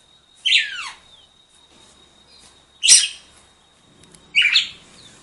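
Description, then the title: Red-cowled cardinal singing three sharp phrases, the first sliding downward, with pauses between, over a faint steady high tone. "Galo De Campina"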